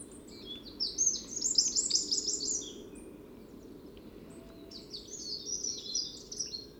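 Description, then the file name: Eurasian wren singing two fast, high, tumbling bursts of chattering notes and trills, separated by a pause over a low steady hum. "Troglodytes troglodytes"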